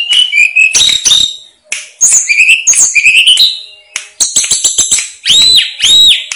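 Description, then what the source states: Snowy-browed flycatcher giving varied high phrases: steady whistled notes, quick clicks and chips, then two clear rising-falling whistles near the end. Master song used to train caged birds.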